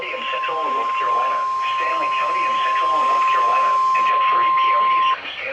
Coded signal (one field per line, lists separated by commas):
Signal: Emergency Alert System (SAME) tones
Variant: 1050 Hz attention tone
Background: speech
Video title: EAS Alerts From 1/9/2024: A Compilation (EAS 9-29)